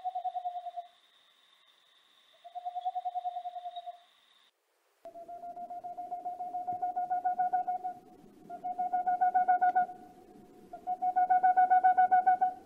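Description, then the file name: Boreal owl song: several quick trills of soft hollow hoots, later bouts louder and longer, with brief gaps between them. "Rauhfusskauz"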